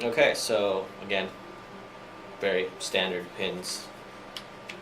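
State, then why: Seated. Someone talks while standard assembly pins are placed into a paintball marker frame during installation of an MKV98 magazine conversion kit. Two short, sharp clicks come at 4.4 s and 4.7 s as the pins snap into place and seat.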